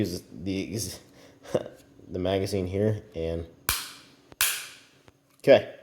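Someone talks while handling a Taurus GX4 13-round extended magazine, preparing to give the extended baseplate a firm tap to lock it onto the pistol magazine body. Sharp, loud snaps ring out near 3.7 s and 4.4 s, with another loud burst near 5.5 s. The baseplate has not seated or clicked onto the magazine yet.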